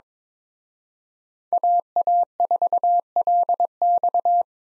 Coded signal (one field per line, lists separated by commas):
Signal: Morse code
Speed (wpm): 26 wpm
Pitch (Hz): 700 Hz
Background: none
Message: AA4LX